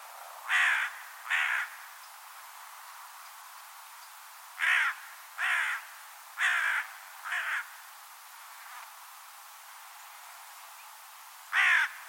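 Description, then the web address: Bird calling in irregular bursts of hoarse caws, several in all, mostly in pairs with gaps between, over light hiss. "cianscape birddata Deverinetal 2025 File origin Bird Only Co Co Co Co"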